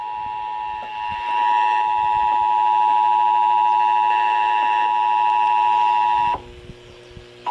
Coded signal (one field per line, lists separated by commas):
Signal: Emergency Alert System (SAME) tones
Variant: 853 and 960 Hz attention tone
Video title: THE MONTH OF FAILS... EAS Alerts from 5/2/18 - 5/23/18 (EAS #1,151 - 1,156)